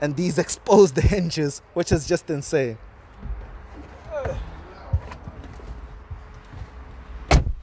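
Someone talks over quiet background noise, then the heavy steel door of a 2019 Mercedes-AMG G63 Edition 1 SUV is shut from inside the interior. The door latch closes into the car body striker and catches with a loud thud at 7.3 s, and the latch is confirmed seated.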